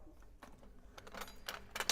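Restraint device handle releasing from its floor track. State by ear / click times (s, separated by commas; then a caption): released / 1.9 s. A restraint device's silver clasp is pushed down to release it from its floor track, with faint clicks and handling rattles before the black handle pops up with a sharp clack at 1.9 s. The device is released and can be removed.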